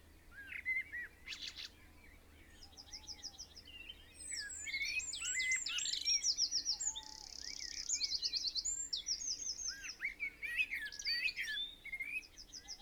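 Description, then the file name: Eurasian wren song: long, vigorous run of very high trills and twitters that builds in loudness and then continues in fast repeated notes. "Troglodytes troglodytes"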